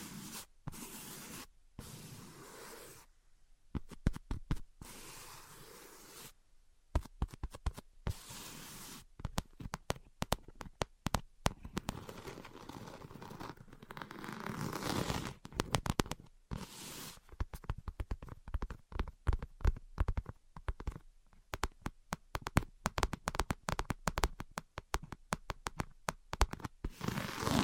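Tapping and scratching sounds come in irregular bursts of sharp clicks and knocks, dense in some stretches and separated by brief dead silences. The scratching forms a rough, hissy layer between taps, busiest from about 13 to 25 seconds.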